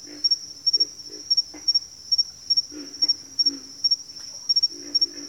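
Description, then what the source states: Pig frog grunts, repeated low rough croaks, with a continuous high-pitched insect chorus. Several pig frogs calling in a bayou.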